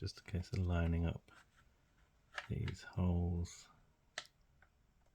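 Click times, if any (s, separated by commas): 4.2 s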